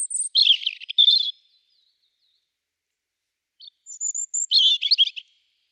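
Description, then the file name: European robin giving two short sweet phrases, each opening with a thin high whistle and dissolving into fast scratchy warbles, with a quiet gap between them. "Erithacus rubecula"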